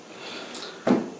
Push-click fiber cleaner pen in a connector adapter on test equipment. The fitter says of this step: to the connector on the inside of the unit just by simply pressing until you hear the click when